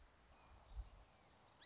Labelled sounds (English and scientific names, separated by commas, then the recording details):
Song Sparrow (Melospiza melodia)
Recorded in Sonoma County, California